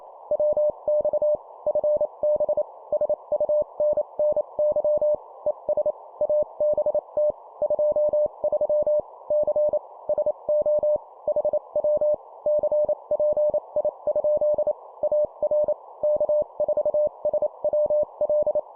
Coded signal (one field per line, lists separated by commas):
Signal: Morse code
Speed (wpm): 28 wpm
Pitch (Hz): 600 Hz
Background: none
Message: WX FB SUNNY ES ABT 23 C SO HW CPI? AR K4SWL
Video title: 25wpm CW QSO Format Example, improve morse code copy speed